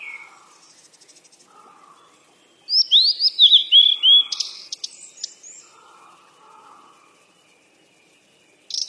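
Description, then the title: Bird chirps: faint notes, then a quick burst of rising and falling whistled chirps, followed by quiet faint twitters and one final chirp. Birds at play. "鸟儿嬉戏声"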